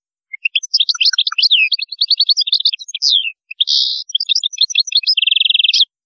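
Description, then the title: European goldfinch song: a lively, almost continuous twittering of varied notes ending in a buzzy rattling trill. "Chant Chardonneret"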